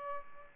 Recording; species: mosquito wingbeat signal from an infrared sensor; Aedes aegypti